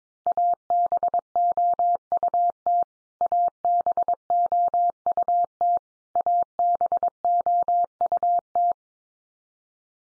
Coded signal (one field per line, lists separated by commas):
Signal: Morse code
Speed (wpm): 22 wpm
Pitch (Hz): 700 Hz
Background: none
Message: ABOUT ABOUT ABOUT